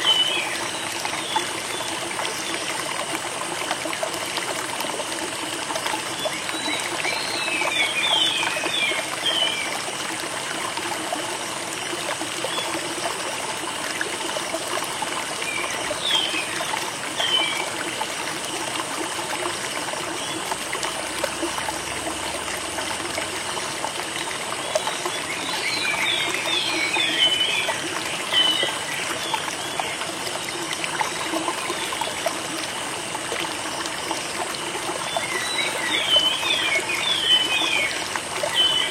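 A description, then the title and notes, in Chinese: Running water flows steadily for the whole stretch, a dense, even trickle with no pauses. A high, constant insect drone sits above it, and brief brighter splashes or chirps surface around 8, 16, 27 and 36 seconds. The level hardly changes throughout. 舒适的流水虫鸣。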